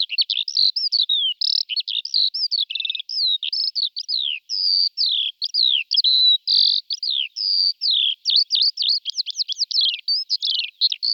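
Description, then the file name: Eurasian skylark song, a continuous rapid stream of high twittering, trilling and warbled notes with buzzy phrases, barely pausing throughout. "Skrivan polni Alauda arvensis"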